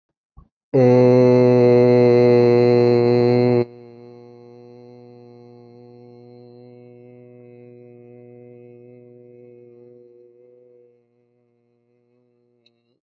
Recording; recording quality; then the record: sustained vowel as in made; excellent, no background noise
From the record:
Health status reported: healthy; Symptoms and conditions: none ticked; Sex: male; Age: 33 years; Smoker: not ticked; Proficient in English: yes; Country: India